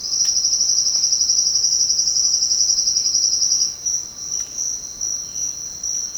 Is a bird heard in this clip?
no